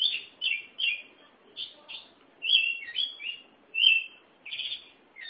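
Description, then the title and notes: Oriental magpie-robin singing loud, clear whistled notes and slurred phrases one after another, with short gaps between them. "Suara Kicauan Burung Kacer Durasi Panjang. Suara kicauan burung kacer format mp3 durasi panjang"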